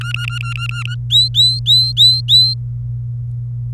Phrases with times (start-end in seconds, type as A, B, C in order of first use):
0.01-0.95 A, 1.10-2.54 B